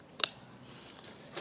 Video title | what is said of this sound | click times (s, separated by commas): 2024 What are the Best BCD Weight Pockets Systems | you could hear it click in place. | 0.2 s